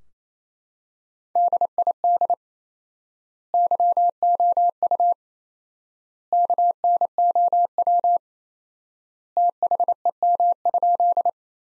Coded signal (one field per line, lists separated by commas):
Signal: Morse code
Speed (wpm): 28 wpm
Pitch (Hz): 700 Hz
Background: none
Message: DID YOU KNOW THEM?